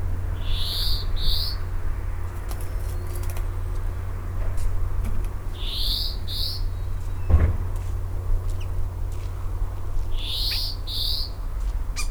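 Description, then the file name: European greenfinch calls in quick pairs of wheezy, buzzing notes, repeated three times roughly every five seconds over a steady low rumble and scattered ticks. "Chloris chloris"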